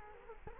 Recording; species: mosquito wingbeat signal from an infrared sensor; Culex quinquefasciatus